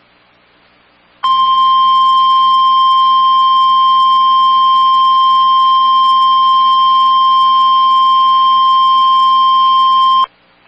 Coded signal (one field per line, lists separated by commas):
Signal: Emergency Alert System (SAME) tones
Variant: 1050 Hz attention tone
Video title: SVR Party and The Return Of Da Floods| EAS Alerts from 6/20-6/22-20 (EAS #29-39)